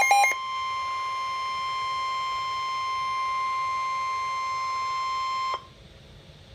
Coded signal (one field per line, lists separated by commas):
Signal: Emergency Alert System (SAME) tones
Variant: 1050 Hz attention tone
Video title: Severe Thunderstorm Warning - EAS #443